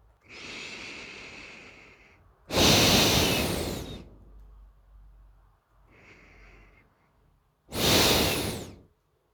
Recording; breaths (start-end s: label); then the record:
nose breathing near a microphone
0.03-2.33 s: inhalation
2.33-4.09 s: exhalation
5.58-7.50 s: inhalation
7.50-8.71 s: exhalation
From the record:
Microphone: phone